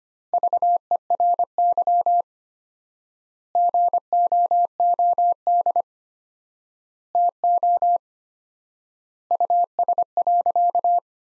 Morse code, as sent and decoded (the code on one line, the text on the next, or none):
...- . .-. -.-- / --. --- --- -.. / - --- / ..- ... .-.-.-
VERY GOOD TO US.